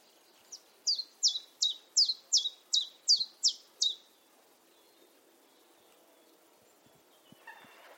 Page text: Jerome Fischer - Пеночка-теньковка Common Chiffchaff (Phylloscopus collybita)